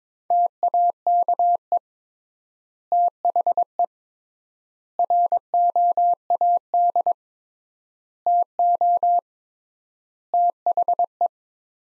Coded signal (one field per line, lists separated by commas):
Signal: Morse code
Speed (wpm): 22 wpm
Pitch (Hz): 700 Hz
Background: none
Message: TAKE THE ROAD TO THE